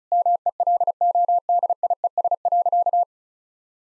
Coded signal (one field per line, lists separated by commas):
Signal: Morse code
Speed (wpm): 34 wpm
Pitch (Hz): 700 Hz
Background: none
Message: MELODIES.